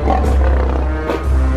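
A lion roars loudly, a deep, rumbling growl that holds steady for over a second, dips briefly, then surges again. No one speaks.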